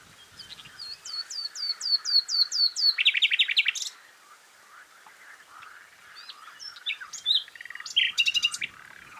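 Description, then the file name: Common nightingale phrase of evenly repeated upslurred whistles building into a fast buzzy rattle, then softer scattered notes and a final burst of rapid chirps. "Luscinia megarhynchos"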